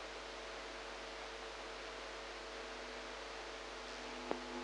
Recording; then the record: brain microelectrode recording played as sound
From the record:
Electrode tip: inside the subthalamic nucleus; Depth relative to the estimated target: -2 mm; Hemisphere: right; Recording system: NeuroSet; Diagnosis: Parkinson's disease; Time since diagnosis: 8 years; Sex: female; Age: 45 years